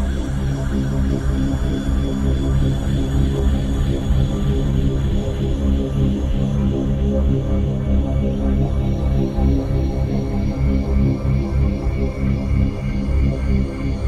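A full-spectrum binaural tone built on a low C sharp at 65.4 Hz, with a slow beat of about 3.2 Hz. The sound holds steady and dense throughout, a deep humming drone with a gentle throbbing pulse and a faint hiss layered on top.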